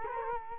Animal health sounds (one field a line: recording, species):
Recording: mosquito wingbeat signal from an infrared sensor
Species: Culex quinquefasciatus